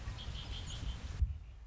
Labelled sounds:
Red-winged Blackbird (Agelaius phoeniceus)

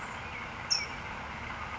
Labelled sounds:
California Towhee (Melozone crissalis)

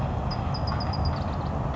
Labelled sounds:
Bewick's Wren (Thryomanes bewickii)

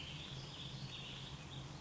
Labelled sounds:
Warbling Vireo (Vireo gilvus)

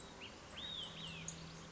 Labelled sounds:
Olive-sided Flycatcher (Contopus cooperi)

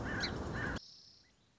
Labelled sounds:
Song Sparrow (Melospiza melodia)

